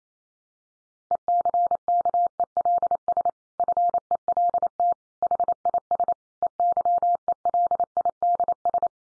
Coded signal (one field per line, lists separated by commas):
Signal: Morse code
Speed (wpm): 28 wpm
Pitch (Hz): 700 Hz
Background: none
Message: ECKELS FELT HIS EYELIDS